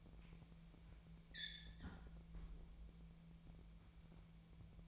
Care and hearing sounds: daily activity, microphone in the room; close fridge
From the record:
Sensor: 1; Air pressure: 1000.1 hPa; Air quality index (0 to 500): 135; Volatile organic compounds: 2 ppm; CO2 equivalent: 1274 ppm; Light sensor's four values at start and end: 36/92/39/47 and 37/92/39/47

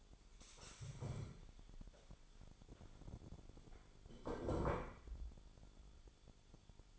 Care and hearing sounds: daily activity, microphone in the room; stand up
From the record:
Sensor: 5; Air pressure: 1015.4 hPa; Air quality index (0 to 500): 172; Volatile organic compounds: 6 ppm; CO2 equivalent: 1870 ppm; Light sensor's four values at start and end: 37/83/34/33 and 37/83/34/33

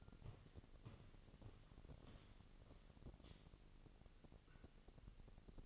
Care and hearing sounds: daily activity, microphone in the room; walk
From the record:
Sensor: 4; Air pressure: 1013.0 hPa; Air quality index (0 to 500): 175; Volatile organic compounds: 2 ppm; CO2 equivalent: 1106 ppm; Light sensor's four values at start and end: 71/175/75/79 and 72/177/76/80

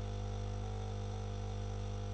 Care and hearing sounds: daily activity, microphone in the room; make coffee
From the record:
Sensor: 4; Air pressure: 991.6 hPa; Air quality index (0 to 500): 131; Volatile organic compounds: 43 ppm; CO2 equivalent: 3200 ppm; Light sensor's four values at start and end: 17/54/21/20 and 17/55/21/20

